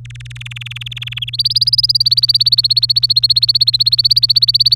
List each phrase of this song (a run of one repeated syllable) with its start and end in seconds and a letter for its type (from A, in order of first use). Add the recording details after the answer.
0.05-1.30 A, 1.33-4.75 B. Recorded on 23 April 2018 at 17:38. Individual llb3